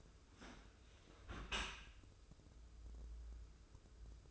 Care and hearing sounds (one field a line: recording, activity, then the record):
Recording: daily activity, microphone in the room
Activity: close dishwasher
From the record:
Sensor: 2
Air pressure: 995.6 hPa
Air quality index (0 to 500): 96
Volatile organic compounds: 5 ppm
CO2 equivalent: 1785 ppm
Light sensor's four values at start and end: 25/79/31/30 and 25/79/31/30